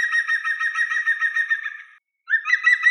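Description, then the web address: European green woodpecker call: a rich, ringing run of rapid, slightly wavering notes for about two seconds, a short pause, then the series resumes. "Picus viridis"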